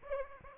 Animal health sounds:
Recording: mosquito wingbeat signal from an infrared sensor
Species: Aedes aegypti

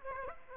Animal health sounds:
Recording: mosquito wingbeat signal from an infrared sensor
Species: Aedes aegypti

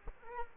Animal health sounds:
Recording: mosquito wingbeat signal from an infrared sensor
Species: Culex quinquefasciatus

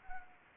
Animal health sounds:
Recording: mosquito wingbeat signal from an infrared sensor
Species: Anopheles arabiensis

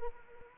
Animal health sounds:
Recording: mosquito wingbeat signal from an infrared sensor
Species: Anopheles arabiensis

